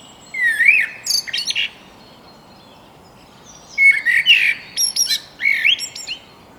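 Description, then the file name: Eurasian blackbird song: three phrases, each a low fluted warble followed by a scratchy high twitter, with a pause of about two seconds after the first. "Turdus merula"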